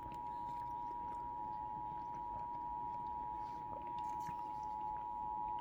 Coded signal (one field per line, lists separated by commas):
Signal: Emergency Alert System (SAME) tones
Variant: 853 and 960 Hz attention tone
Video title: eas svr Eas#307- 308)